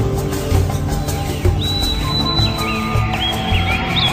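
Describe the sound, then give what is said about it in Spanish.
Thin, high birdsong whistles and chirps drift in after the first second, sliding and trilling softly above a steady, dense low musical drone with no talking. “El dulce canto de las aves.”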